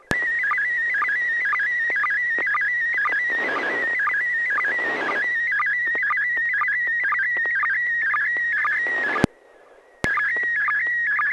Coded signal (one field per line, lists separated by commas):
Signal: SSTV (slow-scan television)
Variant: PD 120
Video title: N6NA SSTV Net - 05/05/2021